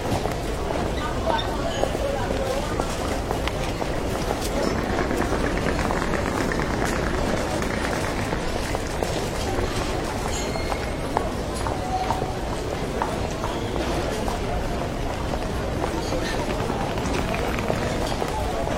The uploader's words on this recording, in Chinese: 机场候机大厅环境音。上海浦东国际机场候机室氛围声音。